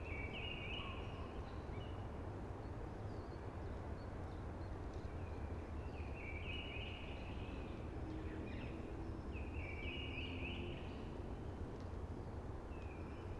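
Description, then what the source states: Blackbird song of rich whistled phrases repeated every few seconds, some with brief twittery ends, over a persistent low rumbling and hissing background. Sings early, amongst hushing conifers.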